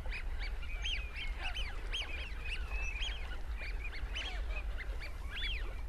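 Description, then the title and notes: Eurasian Wigeon whistles, many overlapping rising-then-falling whistled calls from several birds, nearly continuous, over a low constant rumble. Excited wigeon whistling as they try to impress a spare female; winter, calm grey day, recorded from a hide at Castle Water. "Then the Wigeon get very excited as they try to impress a spare female."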